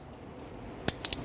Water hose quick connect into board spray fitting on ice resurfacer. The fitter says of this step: Make sure your actual lock mechanism is on the bottom on this one until it clicks in. All right?